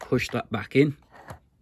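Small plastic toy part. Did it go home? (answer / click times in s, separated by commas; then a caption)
no / none. Someone talks while the spring-loaded plastic missile piece is handled on its way back into the toy vehicle's spring launcher, which locks it when pushed in. Nothing has seated or clicked yet; the clip ends before the part goes home.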